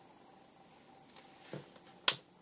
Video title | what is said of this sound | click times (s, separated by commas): Housse Zeta Cover | donc un petit clic se fait entendre une fois que vous avez donc | 2.1 s